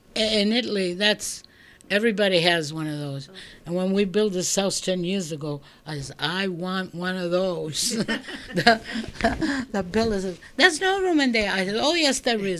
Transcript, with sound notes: In Italy that's, everybody has one of those. And when we built this house ten years ago I says, "I want one of those." ( they laugh ) The builder said, "There's no room in there." I said, "Oh, yes, there is."